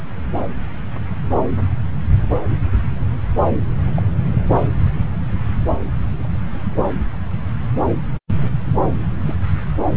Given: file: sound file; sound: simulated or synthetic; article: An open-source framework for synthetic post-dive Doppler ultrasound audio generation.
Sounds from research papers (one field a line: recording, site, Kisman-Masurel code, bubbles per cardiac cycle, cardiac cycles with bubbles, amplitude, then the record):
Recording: Doppler ultrasound audio after a dive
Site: subclavian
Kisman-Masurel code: 121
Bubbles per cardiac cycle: 1–2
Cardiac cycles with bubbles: 10–50%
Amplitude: barely perceptible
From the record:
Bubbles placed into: full cardiac cycles